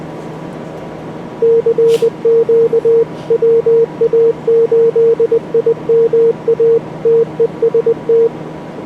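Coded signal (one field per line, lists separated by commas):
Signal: Morse code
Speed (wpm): 20 wpm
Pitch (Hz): 460 Hz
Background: radio noise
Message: CQ WA8IMA TEST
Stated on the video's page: Simulated contest Morse from the Morse Runner practice program, used for speed practice.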